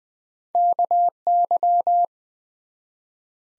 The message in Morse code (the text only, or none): KY